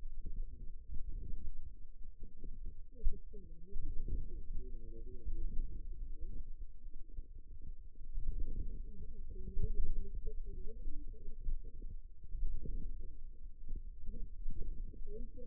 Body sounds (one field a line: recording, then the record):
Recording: forearm muscle sounds (acoustic myography)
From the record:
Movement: outward rotation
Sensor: system 2, bracelet of six BSWA MPA416 microphones around the upper forearm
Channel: 3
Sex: female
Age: 21 years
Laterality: right